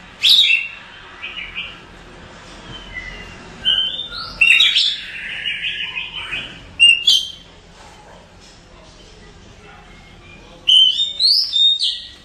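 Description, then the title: Oriental magpie-robin giving loud whistled and harsh phrases in separate bursts with quieter gaps between them, against faint background noise. "suara kacer"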